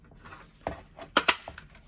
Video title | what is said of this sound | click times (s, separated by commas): How to open 2015 + wrx & sti headlights and installation of Diode Dynamics C lights | now that's fully locked in there | 1.2 s